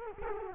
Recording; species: mosquito wingbeat signal from an infrared sensor; Culex quinquefasciatus